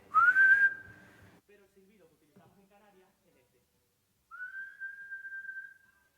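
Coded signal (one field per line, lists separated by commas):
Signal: whistled language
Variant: Silbo Gomero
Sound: two loud whistles gliding up then holding steady, separated by a quiet pause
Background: faint room noise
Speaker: pero el silbido que utilizamos en Canarias es este,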